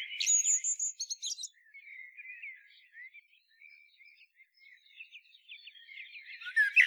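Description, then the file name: Blackbird song: high squeaky twittering at first, then a long run of soft low warbling before a stronger fluted phrase at the end. "Turdus merula"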